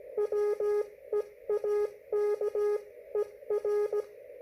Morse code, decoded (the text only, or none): WEAKER